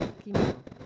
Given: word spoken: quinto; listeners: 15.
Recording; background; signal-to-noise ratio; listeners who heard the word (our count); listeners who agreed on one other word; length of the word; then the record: one Spanish word in noise, from a listening test; noise modulated by one talker; -13.0 dB; 5 of 15; 7 of 15; 0.46 s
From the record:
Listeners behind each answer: 7, 5, 1, 1, 1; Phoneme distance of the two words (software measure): 24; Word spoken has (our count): 2 syllables, 5 phonemes, stress on syllable 1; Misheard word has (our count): 2 syllables, 5 phonemes, stress on syllable 1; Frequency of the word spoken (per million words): 28.97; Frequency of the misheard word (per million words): 0.09